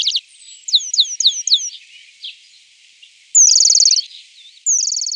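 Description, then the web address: Eurasian penduline tit singing a quick series of five high downslurred notes, then two rapid rattling trills. "Schulze Peter Eurasian Penduline-Tit song"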